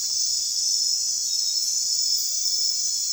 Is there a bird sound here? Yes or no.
no